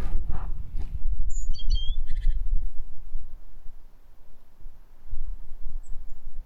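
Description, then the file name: Great tit giving one high chirped phrase of stepped notes, then a short harsh buzzy burst, with dull thumping noise in the background. "Parus major"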